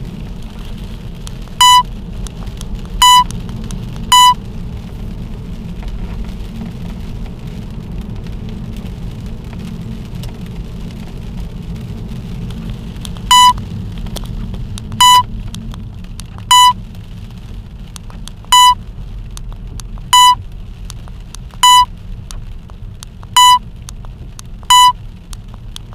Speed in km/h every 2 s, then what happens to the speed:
56, 55, 55, 54, 53, 52, 44, 34, 25, 21, 20, 19, 20.
0-10 steady at about 54. 10-17 brakes to 21. 17-26 steady at about 20.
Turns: none.